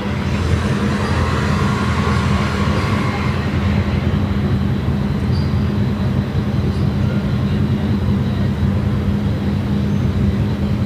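Street sound on Via Moscova in Milan in the evening: a steady, dense low rumble of passing vehicles with a constant droning hum underneath. A brighter, hissing layer rides over it for the first three seconds, then thins out while the rumble holds.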